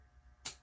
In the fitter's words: that's the click you want to hear and